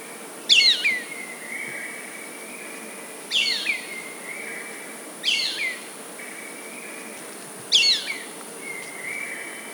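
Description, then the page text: Black baza calling four times, each a loud piercing whistle sliding downward then held as a level thin note, with a continuous high hiss behind. "Черная база - Black Baza (Aviceda leuphotes)"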